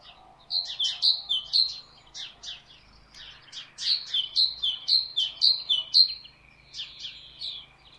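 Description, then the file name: Great tit calling steadily, many sharp high notes and falling two-part phrases repeated about twice a second, with a faint hum beneath. "Parus major"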